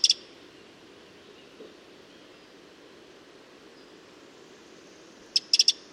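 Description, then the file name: Eurasian wren sharp clicking calls, a short cluster of ticks at the start and another tight burst at the end, quiet hiss between. "Troglodytes troglodytes"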